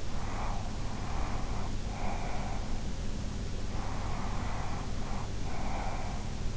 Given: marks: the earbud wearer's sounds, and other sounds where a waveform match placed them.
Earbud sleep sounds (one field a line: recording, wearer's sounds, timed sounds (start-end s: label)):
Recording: sounds in sleep by an in-ear microphone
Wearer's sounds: breath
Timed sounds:
0.19-2.77 s: breath
3.70-6.28 s: breath